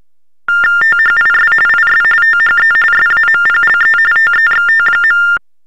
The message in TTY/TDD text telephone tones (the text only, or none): THIS IS THE SAMPLE TEXT.